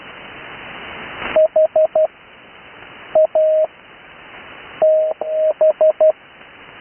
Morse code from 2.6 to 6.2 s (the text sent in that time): A TH